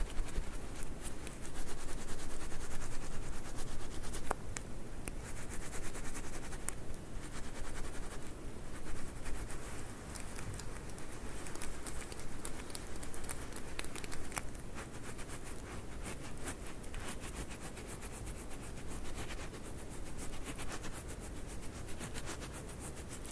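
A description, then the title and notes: Squishy stress balls are handled continuously, a dense, steady stream of soft crackling and squelching with frequent sharp little clicks scattered throughout. A low rumbling rustle runs underneath, and the overall level eases slightly after the first few seconds, then stays even. ASMR SQUISHY SOUNDS, ASMR SQUISHY STRESS BALLS, ASMR STRESS BALL, ASMR NO TALKING.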